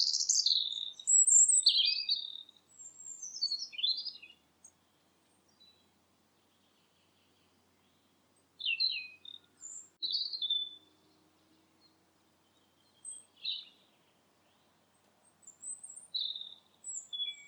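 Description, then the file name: Bird giving short bursts of high chirps, loud at first, then sparse clusters separated by pauses of a few seconds. "filtered sound bird"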